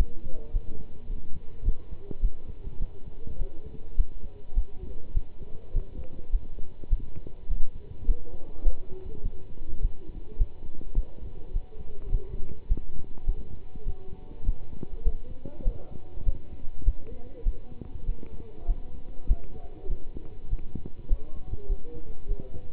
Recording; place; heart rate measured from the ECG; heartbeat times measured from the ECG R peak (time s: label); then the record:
heart sounds by stethoscope; between the tricuspid and mitral areas; 102 bpm
0.52 s: heartbeat
1.08 s: heartbeat
1.64 s: heartbeat
2.21 s: heartbeat
2.78 s: heartbeat
3.38 s: heartbeat
3.96 s: heartbeat
4.54 s: heartbeat
5.13 s: heartbeat
5.72 s: heartbeat
6.31 s: heartbeat
6.89 s: heartbeat
7.48 s: heartbeat
8.06 s: heartbeat
8.64 s: heartbeat
9.22 s: heartbeat
9.81 s: heartbeat
10.37 s: heartbeat
10.94 s: heartbeat
11.52 s: heartbeat
12.11 s: heartbeat
12.68 s: heartbeat
13.25 s: heartbeat
13.85 s: heartbeat
14.45 s: heartbeat
15.03 s: heartbeat
15.64 s: heartbeat
16.25 s: heartbeat
16.84 s: heartbeat
17.44 s: heartbeat
18.05 s: heartbeat
18.66 s: heartbeat
19.27 s: heartbeat
19.88 s: heartbeat
20.49 s: heartbeat
21.08 s: heartbeat
21.68 s: heartbeat
22.27 s: heartbeat
From the record:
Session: pedaling a stationary bicycle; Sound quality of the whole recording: good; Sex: male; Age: 27 years